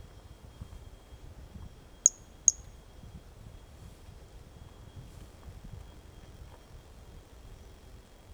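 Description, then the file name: Pumpkin toadlet call: two quick, very high clicking notes half a second apart, then only soft background hiss and a faint steady tone. Individual 05 recorded 18 January 2018; first note of the call missing; animal not collected. "Brachycephalus mirissimus 18 jan 2018 individual 05 ex 01 fist note missing L F Ribeiro not collected"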